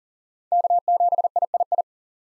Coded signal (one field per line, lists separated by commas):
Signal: Morse code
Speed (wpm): 40 wpm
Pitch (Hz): 700 Hz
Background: none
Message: K7III